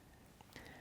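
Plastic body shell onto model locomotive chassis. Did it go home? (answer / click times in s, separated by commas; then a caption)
no / none. The plastic body shell of a model ICE locomotive is pressed back onto its chassis after figures were glued inside. Over a quiet background there is a brief faint tick at about 0.4 s and a slightly louder, short contact sound with a light high ring at about 0.6 s. The shell has not snapped home yet; nothing has clicked.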